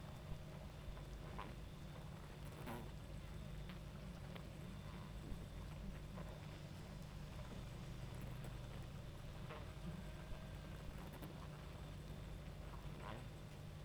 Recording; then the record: honeybee colony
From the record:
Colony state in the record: active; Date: 28 July 2017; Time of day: 22:41